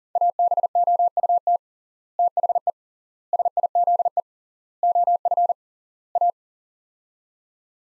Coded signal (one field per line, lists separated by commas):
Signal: Morse code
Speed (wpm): 37 wpm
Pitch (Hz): 700 Hz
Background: none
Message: ABOUT THE SIZE OF A